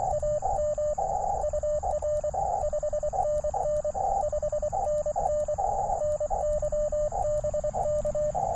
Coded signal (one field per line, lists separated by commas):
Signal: Morse code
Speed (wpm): 23 wpm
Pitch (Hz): 590 Hz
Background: radio noise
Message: AM UR 5NN 5NN NYBK